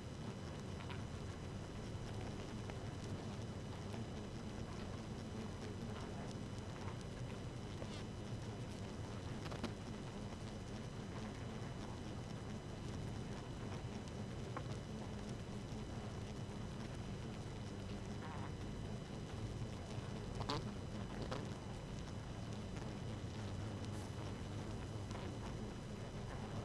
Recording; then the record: honeybee colony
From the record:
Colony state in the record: active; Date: 12 June 2018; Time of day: 0:31